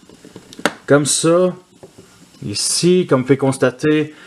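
A plastic Transformers partner figure, Slither Fang, in road mode is clipped onto the Soundbarrier toy's road section, giving a sharp, loud snap at 0.7 s as it seats. Someone talks before and after the click.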